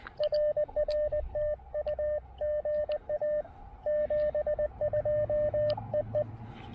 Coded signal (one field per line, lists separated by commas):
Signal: Morse code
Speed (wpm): 20 wpm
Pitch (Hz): 590 Hz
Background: radio noise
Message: RR TU GA 72 EE